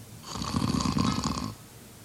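One loud, rumbling, fluttering snore lasting about a second, an acted imitation of a sleeper's snoring.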